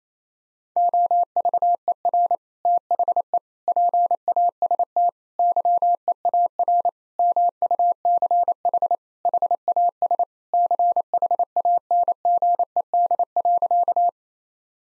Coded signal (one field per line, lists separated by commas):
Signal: Morse code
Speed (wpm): 28 wpm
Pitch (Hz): 700 Hz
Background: none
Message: OVER THE PAST YEAR MUCH HAS CHANGED.